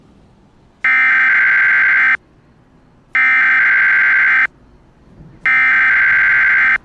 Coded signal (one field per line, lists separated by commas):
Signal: Emergency Alert System (SAME) tones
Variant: header bursts